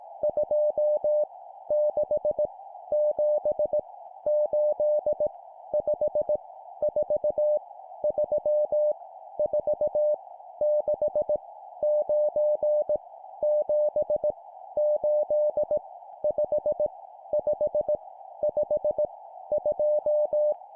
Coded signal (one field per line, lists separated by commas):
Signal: Morse code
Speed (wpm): 18 wpm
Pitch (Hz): 600 Hz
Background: none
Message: 2 6 7 8 5 4 3 4 6 9 7 8 5 5 5 2